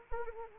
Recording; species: mosquito wingbeat signal from an infrared sensor; Anopheles arabiensis